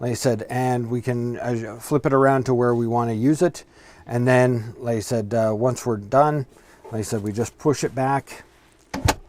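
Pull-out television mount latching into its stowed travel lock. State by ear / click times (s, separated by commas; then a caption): seated / 8.9 s, 9.1 s. A pull-out television on its swivel mount in a 2022 Pleasure-Way Ontour 2.0 is pushed back into its stowed position while someone talks. Two sharp clicks come at 8.9 s and 9.1 s as the television snaps into place, so it is seated and locked for travel.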